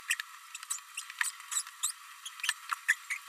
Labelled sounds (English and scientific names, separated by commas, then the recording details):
Green-rumped Parrotlet (Forpus passerinus) babbling
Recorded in a nest box in Venezuela
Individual 18B104A3